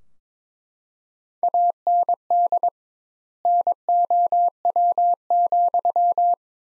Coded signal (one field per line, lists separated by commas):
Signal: Morse code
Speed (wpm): 22 wpm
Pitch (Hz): 700 Hz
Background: none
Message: AND NOW,